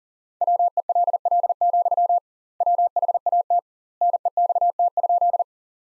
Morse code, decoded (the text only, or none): WELL, WHAT NEXT?